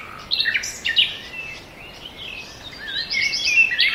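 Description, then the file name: Birds singing short whistled phrases at the start, a quieter stretch, then a louder burst of overlapping notes at the end. Forest birds. "ASMR Nature Noise - Forest Birds"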